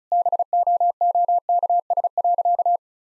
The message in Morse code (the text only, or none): BOOKS.